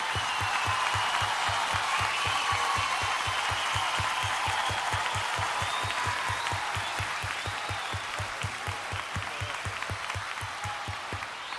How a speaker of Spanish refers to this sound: Aplauso para ella, muchas gracias.